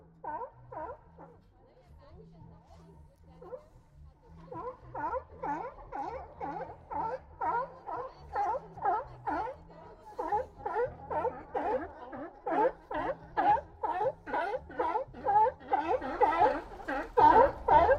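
At Old Fisherman's Wharf in Monterey Bay, an animal barks in a fast, regular series of hoarse calls, sparse at first and then steady from about five seconds, growing louder toward the end. A low hum runs underneath throughout.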